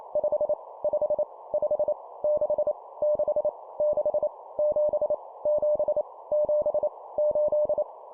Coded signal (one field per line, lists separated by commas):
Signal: Morse code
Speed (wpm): 28 wpm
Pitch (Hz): 600 Hz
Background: none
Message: 5 5 5 6 6 6 7 7 7 8